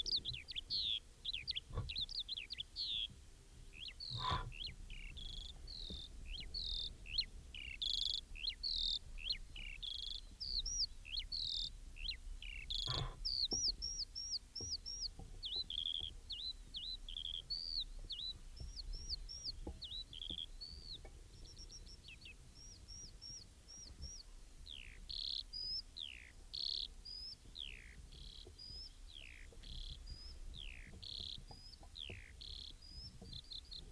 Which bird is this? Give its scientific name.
Alauda arvensis